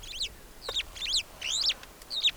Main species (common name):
Superb Starling